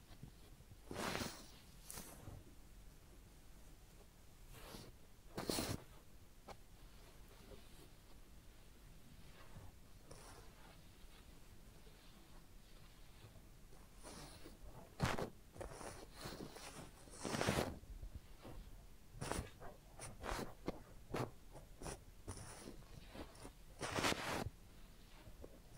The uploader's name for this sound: Real Head Massage and Ear Cleaning